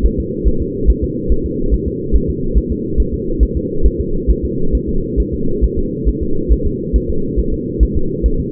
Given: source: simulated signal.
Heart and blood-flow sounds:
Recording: fetal heart sounds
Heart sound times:
0.06 s: S1
0.20 s: S2
0.48 s: S1
0.62 s: S2
0.90 s: S1
1.04 s: S2
1.32 s: S1
1.46 s: S2
1.74 s: S1
1.88 s: S2
2.16 s: S1
2.30 s: S2
2.58 s: S1
2.72 s: S2
3.00 s: S1
3.14 s: S2
3.43 s: S1
3.57 s: S2
3.86 s: S1
4.00 s: S2
4.30 s: S1
4.45 s: S2
4.75 s: S1
4.89 s: S2
5.20 s: S1
5.34 s: S2
5.64 s: S1
5.78 s: S2
6.09 s: S1
6.23 s: S2
6.52 s: S1
6.66 s: S2
6.96 s: S1
7.10 s: S2
7.39 s: S1
7.54 s: S2
7.83 s: S1
7.97 s: S2
8.26 s: S1
8.40 s: S2
From the record:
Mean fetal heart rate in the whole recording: 140 bpm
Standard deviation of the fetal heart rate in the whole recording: 2 bpm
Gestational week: 34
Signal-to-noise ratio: -8.1 dB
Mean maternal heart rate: 72 bpm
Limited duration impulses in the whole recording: absent

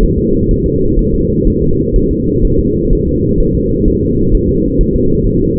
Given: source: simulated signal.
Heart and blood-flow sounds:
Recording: fetal heart sounds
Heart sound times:
0.03 s: S1
0.18 s: S2
0.51 s: S1
0.66 s: S2
0.99 s: S1
1.14 s: S2
1.48 s: S1
1.62 s: S2
1.96 s: S1
2.11 s: S2
2.45 s: S1
2.59 s: S2
2.93 s: S1
3.08 s: S2
3.40 s: S1
3.55 s: S2
3.88 s: S1
4.03 s: S2
4.34 s: S1
4.49 s: S2
4.81 s: S1
4.96 s: S2
5.27 s: S1
5.41 s: S2
From the record:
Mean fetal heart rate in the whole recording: 130 bpm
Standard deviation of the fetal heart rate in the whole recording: 4 bpm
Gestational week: 38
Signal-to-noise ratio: -15.3 dB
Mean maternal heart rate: 72 bpm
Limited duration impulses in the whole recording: present

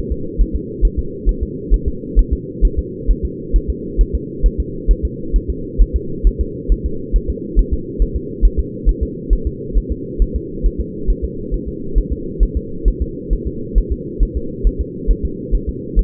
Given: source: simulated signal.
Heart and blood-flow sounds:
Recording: fetal heart sounds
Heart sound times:
0.12 s: S2
0.41 s: S1
0.56 s: S2
0.85 s: S1
0.99 s: S2
1.29 s: S1
1.43 s: S2
1.74 s: S1
1.88 s: S2
2.19 s: S1
2.33 s: S2
2.65 s: S1
2.79 s: S2
3.11 s: S1
3.25 s: S2
3.56 s: S1
3.70 s: S2
4.01 s: S1
4.15 s: S2
4.46 s: S1
4.60 s: S2
4.91 s: S1
5.05 s: S2
5.36 s: S1
5.50 s: S2
5.82 s: S1
5.96 s: S2
6.27 s: S1
6.41 s: S2
6.72 s: S1
6.86 s: S2
7.16 s: S1
7.30 s: S2
7.59 s: S1
7.73 s: S2
8.02 s: S1
8.16 s: S2
8.45 s: S1
8.59 s: S2
8.89 s: S1
9.03 s: S2
9.33 s: S1
9.47 s: S2
9.78 s: S1
9.92 s: S2
10.22 s: S1
10.36 s: S2
10.66 s: S1
10.80 s: S2
11.10 s: S1
11.24 s: S2
11.54 s: S1
11.68 s: S2
11.98 s: S1
12.12 s: S2
12.43 s: S1
12.57 s: S2
12.88 s: S1
13.02 s: S2
13.33 s: S1
13.47 s: S2
13.78 s: S1
13.92 s: S2
14.23 s: S1
14.37 s: S2
14.67 s: S1
14.81 s: S2
15.11 s: S1
15.25 s: S2
15.55 s: S1
15.69 s: S2
15.99 s: S1
From the record:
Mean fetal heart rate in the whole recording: 135 bpm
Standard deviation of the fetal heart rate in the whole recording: 3 bpm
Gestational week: 36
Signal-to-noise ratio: -4.3 dB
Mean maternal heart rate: 72 bpm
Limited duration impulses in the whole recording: absent

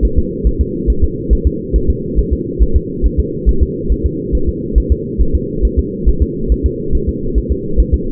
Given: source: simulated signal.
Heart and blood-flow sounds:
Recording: fetal heart sounds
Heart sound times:
0.05 s: S1
0.19 s: S2
0.47 s: S1
0.61 s: S2
0.90 s: S1
1.04 s: S2
1.33 s: S1
1.47 s: S2
1.76 s: S1
1.90 s: S2
2.19 s: S1
2.33 s: S2
2.63 s: S1
2.76 s: S2
3.06 s: S1
3.19 s: S2
3.49 s: S1
3.63 s: S2
3.92 s: S1
4.06 s: S2
4.35 s: S1
4.49 s: S2
4.78 s: S1
4.92 s: S2
5.21 s: S1
5.35 s: S2
5.65 s: S1
5.79 s: S2
6.09 s: S1
6.22 s: S2
6.52 s: S1
6.66 s: S2
6.95 s: S1
7.09 s: S2
7.38 s: S1
7.52 s: S2
7.80 s: S1
7.94 s: S2
From the record:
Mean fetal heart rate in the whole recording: 140 bpm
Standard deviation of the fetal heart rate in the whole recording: 2 bpm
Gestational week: 34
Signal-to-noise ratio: -8.1 dB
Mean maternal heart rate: 72 bpm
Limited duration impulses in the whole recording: absent

